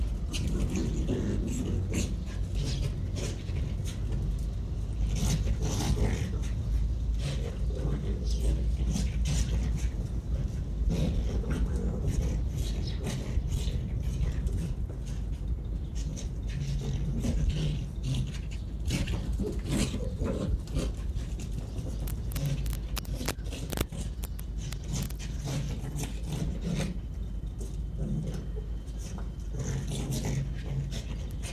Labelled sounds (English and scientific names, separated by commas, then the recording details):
Arctic Fox (Vulpes lagopus)
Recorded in captivity
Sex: pair
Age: adult
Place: Zoologisches Institut der HUB, Berlin, DE
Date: 1957-04-03 10:00
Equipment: Elmetra
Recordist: Tembrock, Günter